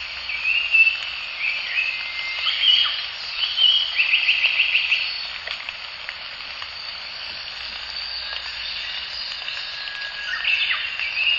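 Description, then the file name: Japanese paradise flycatcher singing several whistled phrases, then a rapid evenly repeated series of short notes, with more whistles near the end over a steady high background chorus. Recorded at the Morito River. "サンコウチョウ 森戸川"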